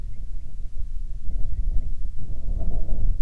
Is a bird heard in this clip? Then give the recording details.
yes. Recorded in the Prudhoe Bay oil fields, Alaska, on 6 August 2019 at 05:11. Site 22